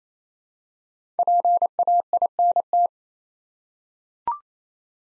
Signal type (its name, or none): Morse code